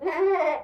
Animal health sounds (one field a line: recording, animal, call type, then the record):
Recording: contact call of a hoofed animal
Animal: goat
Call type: low-frequency (closed-mouth) or high-frequency (open-mouth) call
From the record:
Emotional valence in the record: negative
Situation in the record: food frustration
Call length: 0.64 s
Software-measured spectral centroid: 1260 Hz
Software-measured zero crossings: 1410 a second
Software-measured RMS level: -24 dBFS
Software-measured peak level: -14 dBFS